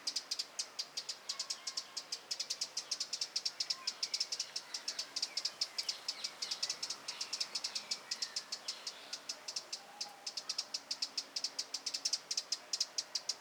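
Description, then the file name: Eurasian wren producing a long, dense series of rapid dry clicks, almost a continuous rattle. "Troglodytes troglodytes"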